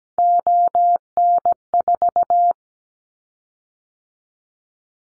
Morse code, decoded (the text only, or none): ON4